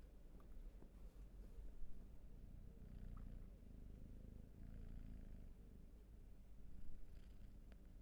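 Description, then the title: Cat purr, low and rumbling, rising and fading in loudness over several seconds, with light clicks and rustling. Purring; raw field recording. "Field Recs Purrathon RAW"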